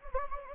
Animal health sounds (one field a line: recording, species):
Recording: mosquito wingbeat signal from an infrared sensor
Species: Anopheles gambiae